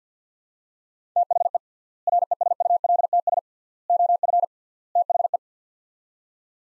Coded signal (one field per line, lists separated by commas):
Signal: Morse code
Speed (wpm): 50 wpm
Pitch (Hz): 700 Hz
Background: none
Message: THE RESULTS OF THE